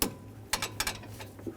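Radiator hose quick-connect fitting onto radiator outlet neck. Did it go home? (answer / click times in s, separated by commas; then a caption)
yes / 0.0 s. On a 2007-2014 Chevrolet Silverado 2500 HD, the upper radiator hose quick-connect is slid onto the new radiator's plastic outlet neck and clicks on at 0.0 s, followed by further sharp clicks around 0.5, 0.8 and 0.9 s and a faint sound near 1.4 s. The fitting is seated and holds when pull-tested.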